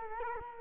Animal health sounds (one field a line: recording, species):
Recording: mosquito wingbeat signal from an infrared sensor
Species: Culex quinquefasciatus